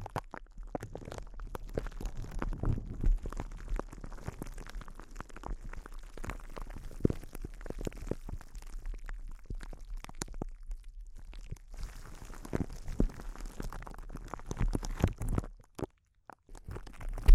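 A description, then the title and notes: Intense close-up crinkles, a dense, busy crackling of sharp clicks and snaps that runs almost without pause. The texture shifts in bursts, with thicker low rustling around three seconds and again near twelve to fifteen, then drops out briefly near sixteen seconds before a final snap. ASMR Intense Close-Up Crinkles (No Talking).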